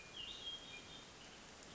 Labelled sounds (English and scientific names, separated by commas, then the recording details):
Hermit Thrush (Catharus guttatus)
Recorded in Sonoma County, California